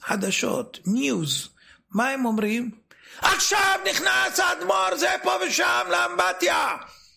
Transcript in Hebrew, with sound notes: חדשות, ניוז, מה הם אומרים? (בצעקות...) "עכשיו נכנס האדמו"ר זה פה ושם לאמבטיה...